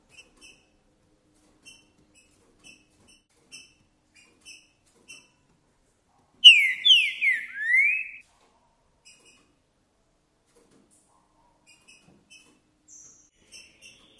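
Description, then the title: Green-winged saltator song: a loud burst of three or four slurred whistles, mostly downward-sweeping, with short, faint high notes before and after. Song described as chirping, singing and 'macheando' in a singing contest, used to rouse other birds of the same species. "Seu TRINCA Piando, Cantando E Macheando Na DISPUTA. Trinca Ferro CANTANDO e MACHEANDO!"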